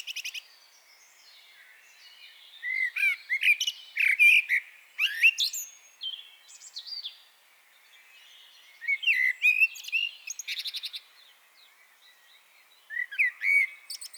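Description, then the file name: Eurasian blackbird singing phrases of fluty warbled notes ending in high scratchy twitters, delivered in bursts with short quiet gaps between them. "Turdus merula"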